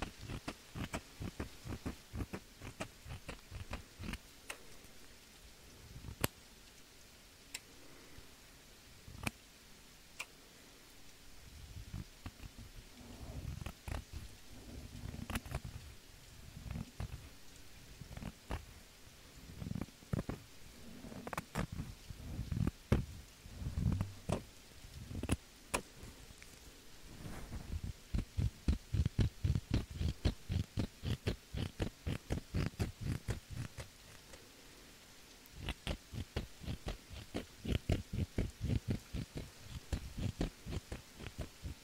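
Rain falls as scattered sharp ticks and taps mixed with soft, low thuds. The drops come irregularly and fairly sparse for the first half, then grow denser and louder from about 25 seconds on, over a faint steady hiss.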